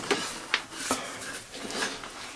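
A Viking variable drive pulley, with the drive belt fitted, is put back onto the mower drive shaft and turned until its built-in woodruff key lines up. Sharp knocks sound at 0.1 s and 0.5 s as the pulley locks onto the woodruff key and seats in place, followed by softer shuffling. The pulley is confirmed attached.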